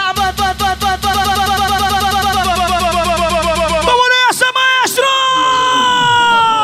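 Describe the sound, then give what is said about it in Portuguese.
A party crowd at a live a band's baile in Moju, recorded 10 February 2017, yells and cheers loudly when told to raise their hands and shout, starting with a rapid, rhythmic burst of shouts that gives way to long, high whoops and cries rising and falling in pitch. “Levanta a mão e grita.”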